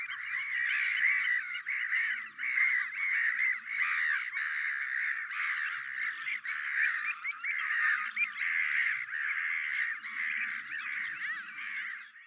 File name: mewa smieszka peter boesman. kokmeeuw. roep